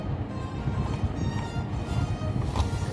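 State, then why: Not seated. The plastic top cover of a Philips GC9660 steam iron's handle housing is handled after its front edge has been hooked in first, to be pressed down until its clips catch. Only low rumbling handling noise under steady background music is heard. Nothing has seated or clicked yet.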